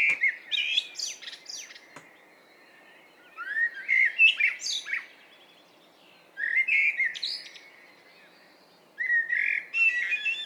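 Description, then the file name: Common blackbird song: four fluty warbled phrases with high squeaky twitters, separated by short pauses. "Turdus merula"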